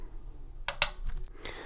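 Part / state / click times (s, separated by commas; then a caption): ribbon cable in circuit board connector / released / 0.7 s, 0.8 s. Someone presses a small locking tab on the top circuit board to release a ribbon cable locked into its connector. Two sharp clicks sound at 0.7 s and 0.8 s, followed by a few fainter ticks. The ribbon cable comes free of its connector.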